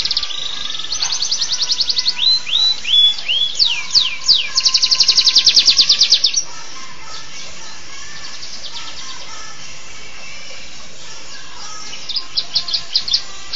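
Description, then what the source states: Canary song with rapid rolling trills, looping swooping whistles and a long fast buzzy trill, then a quiet gap before a short trill returns near the end. Champion canary.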